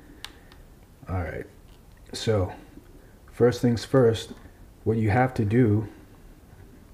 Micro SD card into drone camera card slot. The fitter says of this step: just push it down to you he'll hear that little clicking sound alright